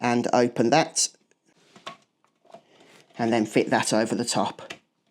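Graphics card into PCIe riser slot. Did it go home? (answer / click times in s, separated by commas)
no / none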